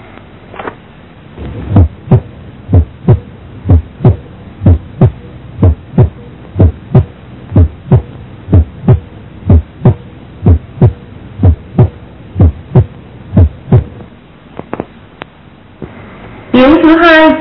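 Normal heart sounds heard by stethoscope at the base of the heart in an adult, regular beats at about 62 per minute.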